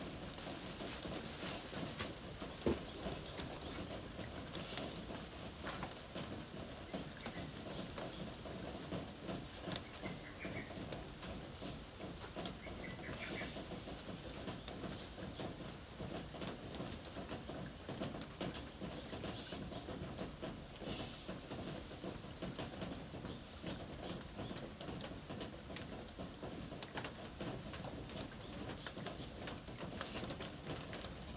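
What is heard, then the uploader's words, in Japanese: Rain falls on a roof in a steady, dense patter, with taps and drips scattered throughout. A low, murmuring burble runs underneath, and brief hissing bursts rise around 5, 13 and 21 seconds. 今日は梅雨の雨の日。屋根に降る雨の音。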